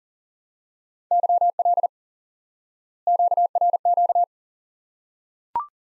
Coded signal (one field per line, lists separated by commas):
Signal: Morse code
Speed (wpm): 40 wpm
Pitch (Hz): 700 Hz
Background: none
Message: YL QRQ